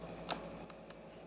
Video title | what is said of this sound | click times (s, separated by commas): ORECK DISCOVER UPRIGHT VACUUM REVIEW | there's the click | 0.3 s